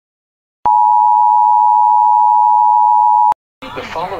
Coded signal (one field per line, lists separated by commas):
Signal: Emergency Alert System (SAME) tones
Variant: 853 and 960 Hz attention tone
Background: speech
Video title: Emergency Alert System The MainFrame